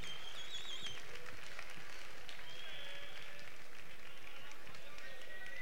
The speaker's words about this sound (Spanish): Estas son nuestras reinas salientes 2009 y les pedimos a todos ustedes que las reciban con ese fuerte aplauso que solo aquí en Cuarte saben ustedes dar.